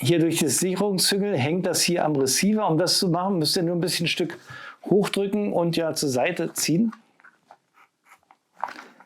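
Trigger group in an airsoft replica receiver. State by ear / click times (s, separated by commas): released / 8.6 s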